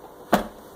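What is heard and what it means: A Kirby Sentria II shampooer's solution tank is set down on the plastic shampooer base of the vacuum with its two arrows lined up, then turned clockwise until it locks on. A single sharp clunk-snap is heard at 0.3 s as the tank seats into place, with quiet background before and after.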